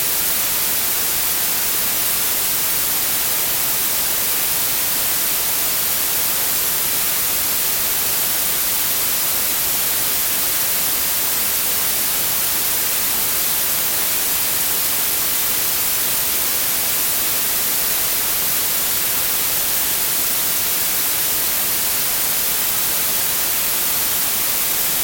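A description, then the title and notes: White noise hisses evenly for the whole clip, a dense, bright, unchanging static with no events, shifts in level or background sounds. White Noise.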